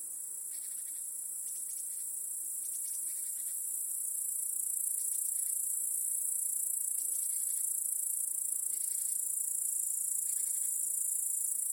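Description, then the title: Steady high cricket trilling throughout, with repeated brief rustling bursts of broader noise scattered across the recording. Crickets chorusing in a home backyard in the evening, as day turns to night. "Crickets in Your Backyard 🏡. Discovering the Sounds of Home"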